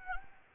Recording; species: mosquito wingbeat signal from an infrared sensor; Anopheles gambiae